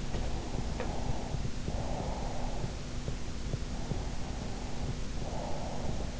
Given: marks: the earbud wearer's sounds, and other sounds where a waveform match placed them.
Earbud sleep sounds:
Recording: sounds in sleep by an in-ear microphone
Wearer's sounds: breath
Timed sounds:
0.15-2.55 s: breath
3.70-6.20 s: breath

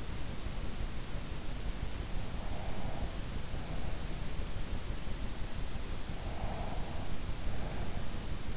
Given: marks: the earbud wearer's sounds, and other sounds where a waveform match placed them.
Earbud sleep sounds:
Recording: sounds in sleep by an in-ear microphone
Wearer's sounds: breath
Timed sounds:
2.31-4.51 s: breath
6.27-8.57 s: breath

